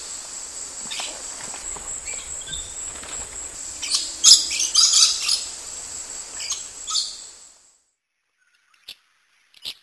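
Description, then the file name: Lorikeet screeches, shrill and grating, cluster in a busy flurry before stopping abruptly, leaving near silence with a couple of faint ticks. "Лори -Лорикет -Попугай -Голоса-птиц"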